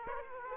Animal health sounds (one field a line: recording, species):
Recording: mosquito wingbeat signal from an infrared sensor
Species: Aedes aegypti